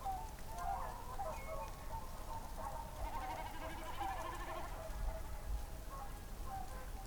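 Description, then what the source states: Whooper swans calling in a nasal chorus of overlapping honks over a steady rushing background. Recorded on 24 April 2022.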